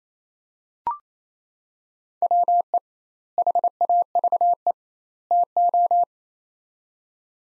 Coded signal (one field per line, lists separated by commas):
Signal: Morse code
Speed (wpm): 28 wpm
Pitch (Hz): 700 Hz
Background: none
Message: WE HAVE TO